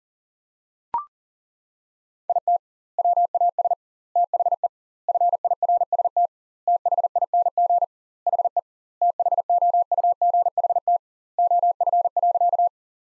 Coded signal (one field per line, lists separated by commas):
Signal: Morse code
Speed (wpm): 40 wpm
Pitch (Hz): 700 Hz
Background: none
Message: IT WAS THE FIRST THING HE THOUGHT OF.